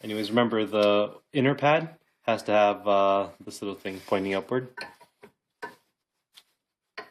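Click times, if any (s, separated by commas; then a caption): 7.0 s. Someone talks while fitting the inner brake pad, with its retaining clip pointing upward, into the brake caliper piston on an Infiniti G35 Coupe during a brake change. After the talking, a few soft handling taps lead to a sharp, loud snap at 7.0 seconds as the clip seats in place.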